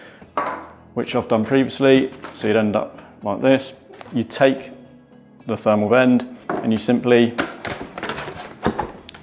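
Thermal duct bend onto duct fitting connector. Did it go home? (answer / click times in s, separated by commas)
yes / 9.1 s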